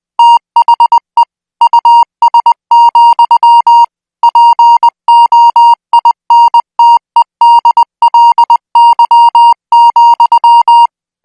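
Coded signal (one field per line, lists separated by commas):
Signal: Morse code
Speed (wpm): 20 wpm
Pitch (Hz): 940 Hz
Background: music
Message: THE US, POINTEDLY,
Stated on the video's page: Morse practice signal at 20 words per minute, made for military signal school training.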